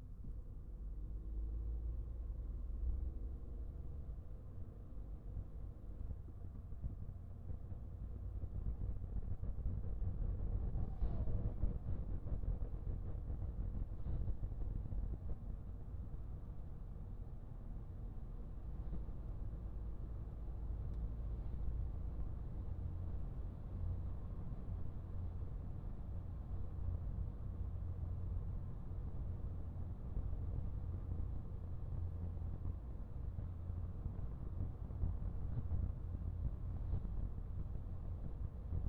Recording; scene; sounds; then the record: everyday scene through a hearing-aid microphone; in a vehicle; engine, highway driving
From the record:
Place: Skoda Fabia, gasoline engine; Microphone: behind the ear, right, rear